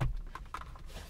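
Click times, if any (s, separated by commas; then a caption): none. On a third attempt, a clip-on wide-angle mirror is pushed up onto a car's rearview mirror, making a few short plastic knocks and scrapes, the strongest near 0.0, 0.35 and 0.55 seconds. Nothing has clicked into place; the mirror is barely hanging on, with its rubber feet in the wrong place.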